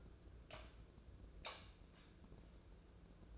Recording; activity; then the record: daily activity, microphone in the room; light on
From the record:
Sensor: 2